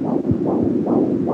Foetal heartbeats as heard from region of umbilical cord 38 weeks.